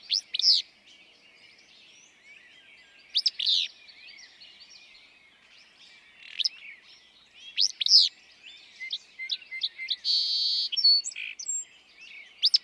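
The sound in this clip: Willow flycatcher song: a sneezy, burry two-part phrase repeated several times, with chirps and trills in the background.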